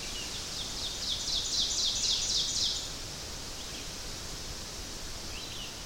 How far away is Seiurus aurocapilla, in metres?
about 50 m